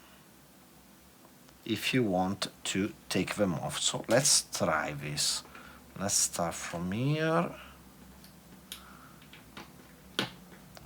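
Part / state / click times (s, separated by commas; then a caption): pin back clutch onto the post of an enamel pin on an apron / seated / 10.2 s. Someone talks, then fits a metal pin back (clutch) onto the post of an enamel pin on a fabric apron. A few soft ticks follow, and at 10.2 s a sharp click marks the clutch snapping into place. The pin back is seated.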